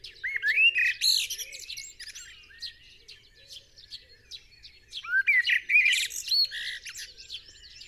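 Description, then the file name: Common blackbird song: two loud warbled phrases with squeaky high flourishes, several seconds apart, amid a dense chorus of other small birds. "Turdus merula"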